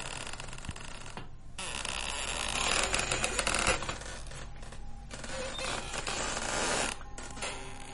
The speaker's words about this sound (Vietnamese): Nhưng tiếng kẽo cà kẽo kẹt từ chỗ treo võng cứ rít lên, giống như là có vật nặng đang rít trên đó, làm cho cái võng cọ vào thanh gỗ nghe đến rợn người.